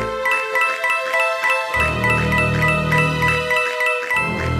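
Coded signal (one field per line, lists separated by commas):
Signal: none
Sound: game music chimes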